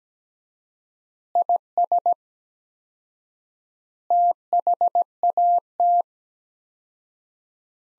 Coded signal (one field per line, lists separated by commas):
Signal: Morse code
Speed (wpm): 17 wpm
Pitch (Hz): 700 Hz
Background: none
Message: IS THAT